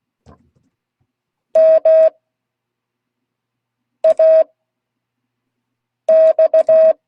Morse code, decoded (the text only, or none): MAX